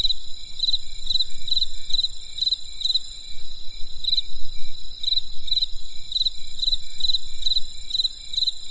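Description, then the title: Insect chirps, brief trilled pulses repeating irregularly about twice a second above a constant high-pitched hum, low background rumble throughout. Insects calling on a winter night in the countryside. "There was a crisp sound of insects in the winter night. Come and experience a sound therapy feast from the countryside"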